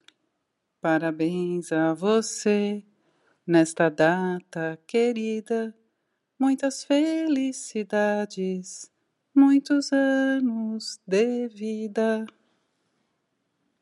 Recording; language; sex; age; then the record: short text; Brazilian Portuguese; female; 50 to 59 years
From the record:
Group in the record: control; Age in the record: 57 years